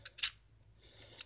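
Slide-out pliers on a Buck X-Tract folding knife multitool are opened out of the metal handle and pop into their locked position. A light tick at 0.1 s is followed by a sharp metallic click at 0.2 s as the pliers seat, then a small tick near 1.2 s. The pliers lock securely into place.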